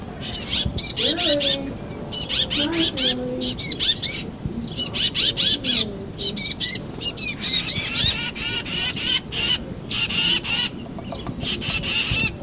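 Titmouse harsh scolding chatter, long rapid series of buzzy notes in grouped bursts, with a softer whistled note or two low in the background.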